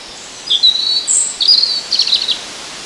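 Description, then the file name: European robin song, thin high sweet notes and short trills, a few wavering phrases over a soft hiss of background noise. "Erithacus rubecula"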